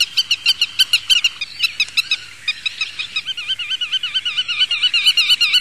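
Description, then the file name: Black-tailed godwit with quick clipped repeated notes, then shifting into a smooth, wavering rolling song repeated several times a second. "PITTIMA"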